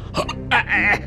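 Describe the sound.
A voice imitates the strangled choking gurgle of a man whose neck is being squeezed tight: a couple of short, strained, hiccup-like gasps followed by a longer rasping, gargled rattle, fairly loud and with no words.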